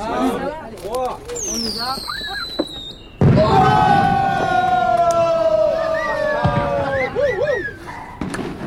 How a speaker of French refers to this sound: Les explosions causées par les Solara devenaient de plus en plus puissantes et une de leurs fusées, au lieu de finir dans le ciel, éclata